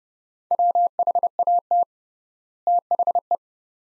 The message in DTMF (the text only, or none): none